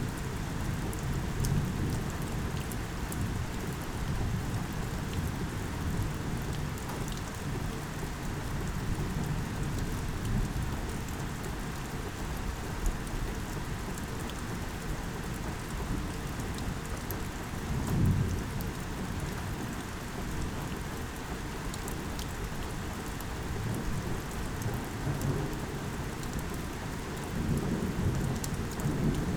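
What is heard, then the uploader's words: A summer thunderstorm over a small town, heard as a steady, dense wash of rain with a thick low rumble underneath. Brief swells of deeper rolling sound rise around 18 seconds and again near the end, while scattered drips tick through the brighter hiss. A summer thunderstorm in the small town of Pawlet Vermont.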